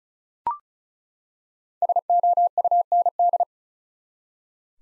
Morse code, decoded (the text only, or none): SOUND